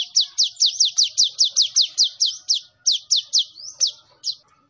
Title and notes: MASTERAN KOLIBRI NINJA TERBAIK FULL ISIAN DAN TEMBAKAN MEWAH COCOK BUAT PANCINGAN. Suara Burung Kolibri Ninja Gacor